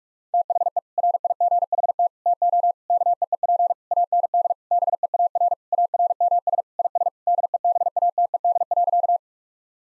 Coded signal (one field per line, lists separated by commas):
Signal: Morse code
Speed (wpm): 46 wpm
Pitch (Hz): 700 Hz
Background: none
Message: THE RIGHT TO KEEP AND BEAR ARMS IS DEBATED.